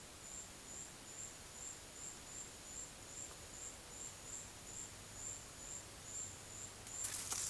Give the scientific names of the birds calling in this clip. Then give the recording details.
none. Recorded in dense forest near Puerto Asís, Putumayo, Colombia, on 19 February 2024 at 10:30. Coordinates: 0.505, -76.324. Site G6467